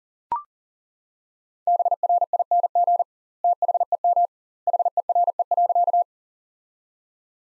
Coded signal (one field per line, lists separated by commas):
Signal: Morse code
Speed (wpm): 37 wpm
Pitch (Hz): 700 Hz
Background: none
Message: BRING THEM HERE.